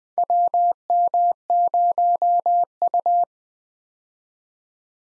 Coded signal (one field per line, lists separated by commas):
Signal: Morse code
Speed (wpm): 20 wpm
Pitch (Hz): 700 Hz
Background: none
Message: WM0U